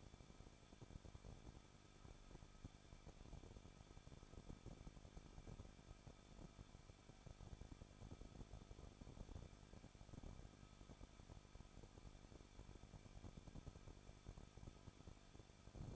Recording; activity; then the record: daily activity, microphone in the room; no activity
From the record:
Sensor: 5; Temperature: 20.8 degrees Celsius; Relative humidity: 38.4%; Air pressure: 1006.5 hPa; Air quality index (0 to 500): 189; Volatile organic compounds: 19 ppm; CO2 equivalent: 2667 ppm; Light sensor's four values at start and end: 2/3/1/1 and 2/3/1/1